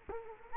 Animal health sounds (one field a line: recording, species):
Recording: mosquito wingbeat signal from an infrared sensor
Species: Culex quinquefasciatus